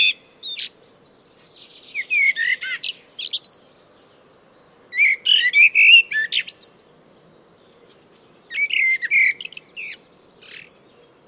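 Bird song in several bursts of varied, rapid chirps, trills and slurred whistled notes, separated by brief silent gaps.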